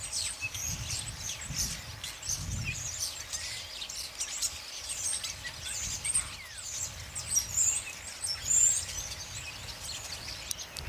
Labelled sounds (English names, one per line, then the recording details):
European Starling song
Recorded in the wild
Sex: male
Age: adult
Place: Wolgast, Mecklenburg-Vorpommern, DE
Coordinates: 54.0536, 13.7739
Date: 1983-09-19 12:36
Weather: overcast, 16°C
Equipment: Nagra SN, Sennheiser MKH 416 T, Kopie Uher 4000 Report Monitor
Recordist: Tembrock, Günter